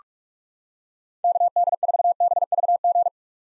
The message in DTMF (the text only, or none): none